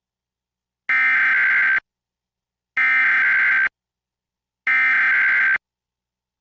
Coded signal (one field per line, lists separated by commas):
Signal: Emergency Alert System (SAME) tones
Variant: header bursts